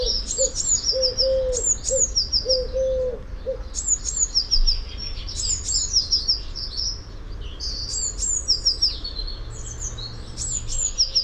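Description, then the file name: Eurasian blue tit calls: high, thin notes dropping in pitch, given in quick overlapping bursts, with a steady run of low, soft hooting notes beneath during the first few seconds. "Cyanistes caeruleus"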